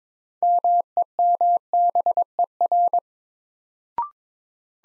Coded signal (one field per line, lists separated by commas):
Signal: Morse code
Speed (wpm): 22 wpm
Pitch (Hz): 700 Hz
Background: none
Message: MEMBER